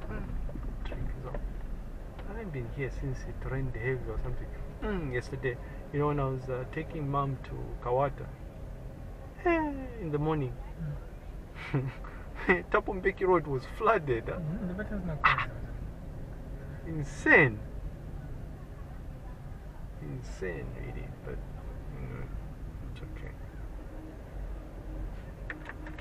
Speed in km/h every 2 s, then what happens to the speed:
7, 10, 10, 10, 9, 8, 9, 12, 13, 11, 10, 9, 10.
0-26 steady at about 10.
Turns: none.